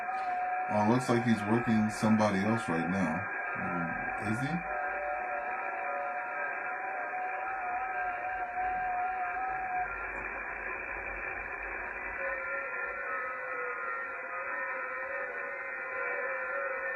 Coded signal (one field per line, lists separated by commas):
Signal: FT8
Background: speech